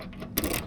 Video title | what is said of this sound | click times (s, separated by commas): Bali’s Hidden Truth – Lipah & Amed Beaches Are NOT What You Expect! | You can hear it locked. Uh you could hear the lock go in. | 0.4 s